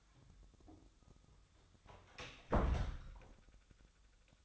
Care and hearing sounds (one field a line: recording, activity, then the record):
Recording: daily activity, microphone in the room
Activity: close door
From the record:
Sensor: 3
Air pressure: 1007.1 hPa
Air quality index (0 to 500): 204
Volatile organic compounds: 18 ppm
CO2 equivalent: 2617 ppm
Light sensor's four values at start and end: 12/27/11/11 and 12/27/11/11